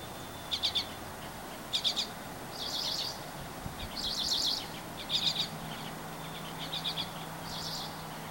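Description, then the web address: Birds chirping in several short high bursts, some of rapid clustered notes, over faint background noise. Recorded 24 April 2023. "gemlog starlog audio birds 20230424"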